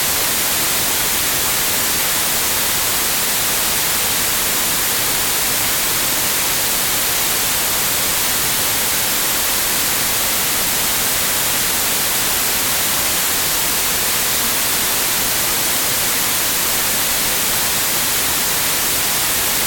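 White noise plays as a steady, even hiss for the whole twenty seconds, with no breaks or changes in level. The sound is dense and bright, strongest in the high, airy range, with a thinner rumble underneath and nothing else in the background.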